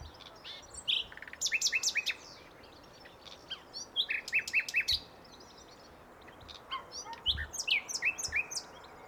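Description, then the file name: Common nightingale phrases of rapid repeated rising notes and sharp high strokes, coming in three bursts with short pauses, over steady background hiss. "Luscinia megarhynchos"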